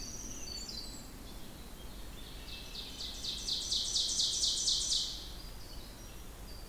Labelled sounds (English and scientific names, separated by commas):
Ovenbird (Seiurus aurocapilla) song